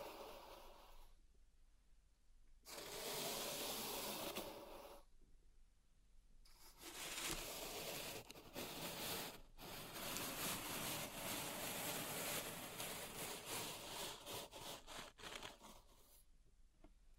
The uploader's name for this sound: Pink Salt Zen Garden Triggers